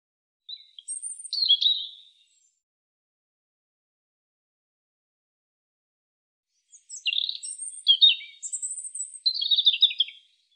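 European robin singing two bursts of thin, high, rapid warbling phrases, separated by a few seconds of silence.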